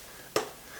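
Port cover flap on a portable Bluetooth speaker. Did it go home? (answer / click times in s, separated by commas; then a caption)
yes / 0.4 s. The port cover flap over the DC in, USB out and aux ports on the back of an Altec Lansing Rockbox XL portable Bluetooth speaker is pressed closed. A single short, sharp snap is heard at 0.4 s against a quiet background, and the cover is shut, though the snap is judged not a satisfying one.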